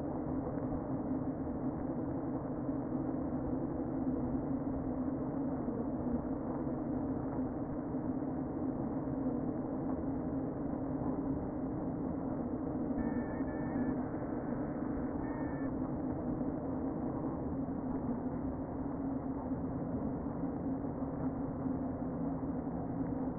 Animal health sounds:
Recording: honeybee colony, microphone inside the hive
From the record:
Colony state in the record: queen present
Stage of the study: before two queens were removed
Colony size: about 60,000 bees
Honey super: yes

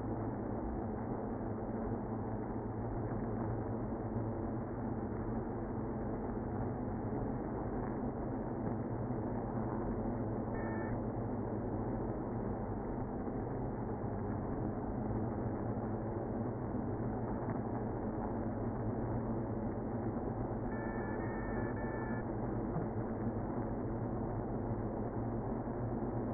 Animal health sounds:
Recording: honeybee colony, microphone inside the hive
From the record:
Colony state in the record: queenless (queen removed)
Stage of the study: after two queens were removed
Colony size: about 60,000 bees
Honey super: yes

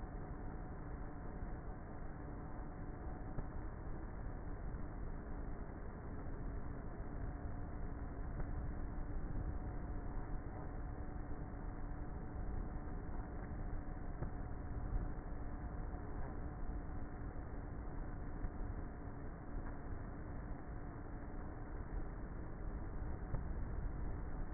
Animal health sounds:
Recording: honeybee colony, microphone inside the hive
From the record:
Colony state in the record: queenless with a low population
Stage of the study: before two queens were removed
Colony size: about 30,000 bees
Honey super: no

